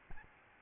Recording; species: mosquito wingbeat signal from an infrared sensor; Aedes albopictus